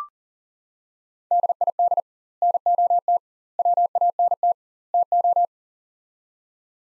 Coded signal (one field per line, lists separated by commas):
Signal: Morse code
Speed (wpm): 40 wpm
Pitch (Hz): 700 Hz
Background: none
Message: DID NOT WANT TO